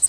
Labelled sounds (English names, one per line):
Worm-eating Warbler flight call